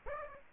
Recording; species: mosquito wingbeat signal from an infrared sensor; Aedes aegypti